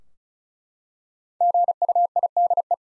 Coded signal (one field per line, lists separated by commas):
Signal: Morse code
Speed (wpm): 36 wpm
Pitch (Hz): 700 Hz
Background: none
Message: GUIDE